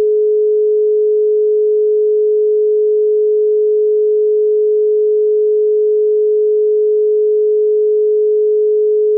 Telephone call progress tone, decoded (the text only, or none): dial tone